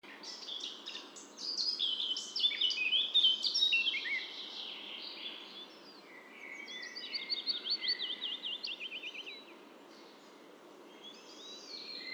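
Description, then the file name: Eurasian blackcap singing warbled phrases: a jumble of twittering notes, then a rapid series of repeated notes, over a steady low background hiss. "Sylvia atricapilla"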